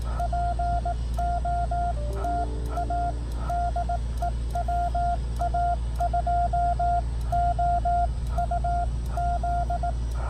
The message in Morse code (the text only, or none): POTA DE WA2OUZ